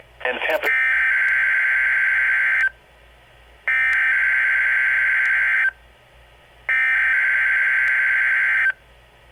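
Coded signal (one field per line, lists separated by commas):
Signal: Emergency Alert System (SAME) tones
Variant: header bursts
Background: speech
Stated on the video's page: Required weekly test recorded through a microphone set too loud, causing rattling.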